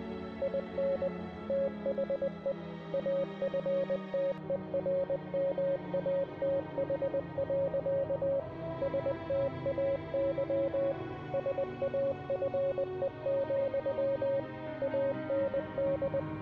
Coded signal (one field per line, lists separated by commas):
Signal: Morse code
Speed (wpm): 20 wpm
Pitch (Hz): 550 Hz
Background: music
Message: IN THE AFTERMATH. STAY SAFE, AND